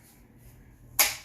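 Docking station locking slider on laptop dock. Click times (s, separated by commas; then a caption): 1.0 s. A laptop docking station's locking slider or lever is pushed over to lock the laptop in. After a quiet stretch, a single loud, sharp snap is heard at 1.0 s and then fades. The laptop is pushed in and seated in the dock.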